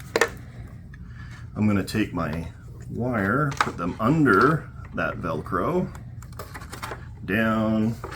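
The retaining clips holding the watertight cylinder in an RC submarine hull are undone once the linkages and rear connections are made up. A sharp click sounds at 0.2 s, followed by light clicks and rustling while someone talks. The clips are released.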